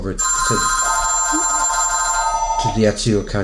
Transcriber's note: phone rings